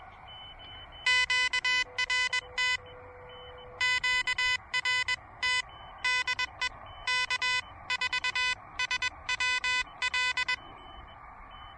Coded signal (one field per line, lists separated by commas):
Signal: Morse code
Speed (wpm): 21 wpm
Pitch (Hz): 2000 Hz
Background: music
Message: QRT QRT DE K4SWL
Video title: Elecraft KH1 Pedestrian Mobile Quickie POTA Activation!